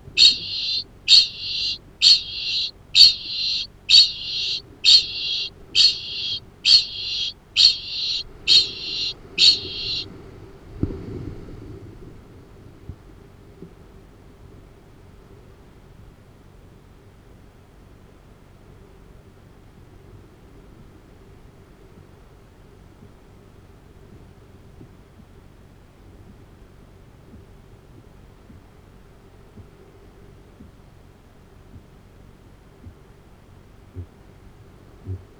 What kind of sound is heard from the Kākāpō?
ching call, boom